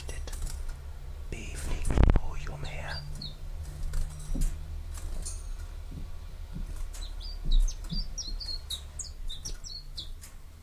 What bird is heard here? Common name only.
Common Chiffchaff